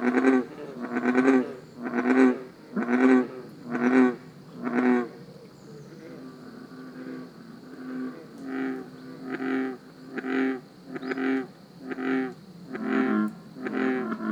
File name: Grenouille taureau